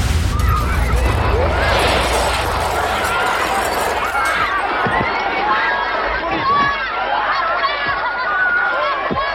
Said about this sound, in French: Il est 20h23, lorsqu'un fracas indescriptible frappe le stade Furiani.